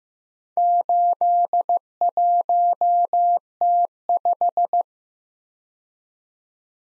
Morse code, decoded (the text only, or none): 81T5